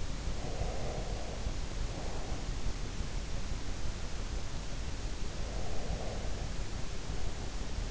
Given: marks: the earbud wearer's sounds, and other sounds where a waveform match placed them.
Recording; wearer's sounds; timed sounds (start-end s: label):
sounds in sleep by an in-ear microphone; breath
0.22-2.61 s: breath
5.01-7.91 s: breath